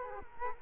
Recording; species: mosquito wingbeat signal from an infrared sensor; Culex quinquefasciatus